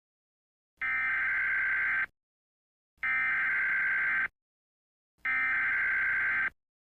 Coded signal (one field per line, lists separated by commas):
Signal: Emergency Alert System (SAME) tones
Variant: header bursts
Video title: Hollywood Walk of Destruction (EAS Scenario)